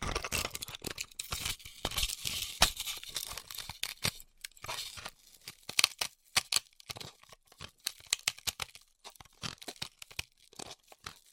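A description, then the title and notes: Styrofoam being heat cut, heard as a rapid run of dry, crackly tearing and crinkling bursts. The sound is dense and busy through the first four seconds, then breaks into sparser, irregular sharp snaps with short silences between them, bright and hissy throughout. ASMR Styrofoam Heat Cutting (No Talking).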